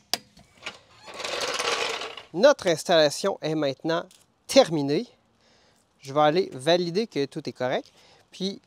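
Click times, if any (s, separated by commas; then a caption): 0.1 s. A torque wrench tightens the wheel lug nuts on a refitted car wheel, after the nuts were snugged with an impact wrench on its lowest setting. The wrench clicks at its setting at 0.1 s, followed by a burst of broadband mechanical noise from about 1.0 to 2.2 s. Then someone talks.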